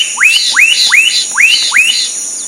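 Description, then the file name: Black-capped donacobius repeating a loud, rising whistle five times at an even pace, about two to three per second, against a steady shrill insect drone. Recorded at Sertão, Mongaguá, São Paulo state, Brazil, on 27 December 2016. "Donacobius-atricapilla-Sertao Mongagua-SP-27-12-16-ASilveira"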